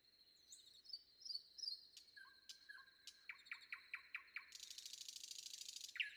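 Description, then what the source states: Common nightingale giving soft whistles and a pair of flat tones, then a quick series of descending notes and a long dry buzzing trill, closing with a sharp note. Sung before dawn.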